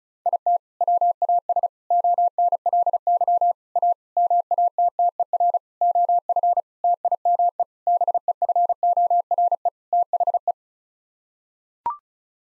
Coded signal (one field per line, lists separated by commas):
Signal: Morse code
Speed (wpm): 34 wpm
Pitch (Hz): 700 Hz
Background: none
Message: IT WAS ONLY A MATTER OF TIME BEFORE THE